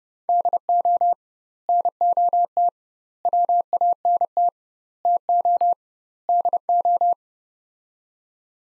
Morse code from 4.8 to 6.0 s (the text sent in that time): TO